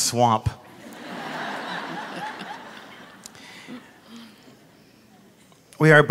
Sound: laughter